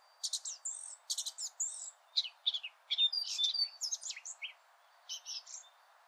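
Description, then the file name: Eurasian blackcap song: quick, varied high chirps and slurred whistles tumbling together, then a short pause and a final burst of notes. "Sylvia atricapilla"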